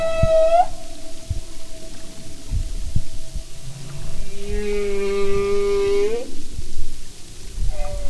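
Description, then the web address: Humpback whale song: a tone that dips and holds, then a long harmonic moan that rises sharply at its end, with low throbbing sounds beneath. "Sound and Marine Mammals humpback"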